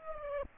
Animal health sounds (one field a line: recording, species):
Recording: mosquito wingbeat signal from an infrared sensor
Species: Aedes aegypti